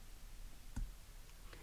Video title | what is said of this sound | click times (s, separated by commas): How to Size a Watch Bracelet (3 Different Methods) - Watch and Learn #14 | then it snaps into place. | 1.5 s